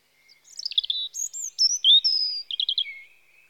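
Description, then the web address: European robin song, a short phrase of high thin whistles, fast trills and a rattling burst ending on a lower drawn-out note, all clean with no other sounds. Spring. "BBC Sound Effects Library (Birds) Robin (Erithacus Rubecula) Spring"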